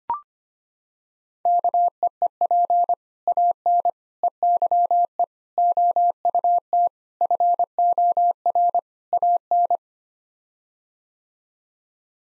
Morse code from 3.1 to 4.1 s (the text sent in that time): AN